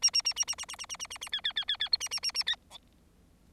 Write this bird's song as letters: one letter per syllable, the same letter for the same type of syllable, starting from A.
A A A A A A A A A A A A B B B B B C A A A A B D